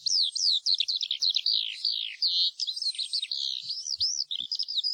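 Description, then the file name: Eurasian skylark song: a bright, ceaseless flow of rising and falling whistles and rapid twitters, delivered at a rushing pace. "ALLODOLA"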